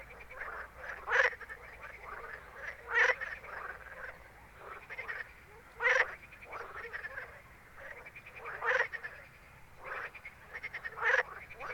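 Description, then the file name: Frog giving loud, rasping croaks every two to three seconds, with quieter frogs croaking continuously underneath. Recorded at night in Ruaudin in 2013. "Grenouilles Ruaudin nuit 2013"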